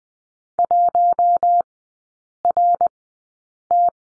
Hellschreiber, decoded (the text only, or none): none